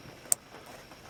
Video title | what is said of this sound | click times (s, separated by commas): Tutorial: Map light on with dome light mod -DiyCarModz | then you hear the first click but you keep pushing until you hear the second click | 0.3 s